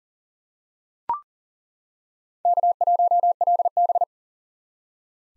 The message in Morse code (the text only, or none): K1LB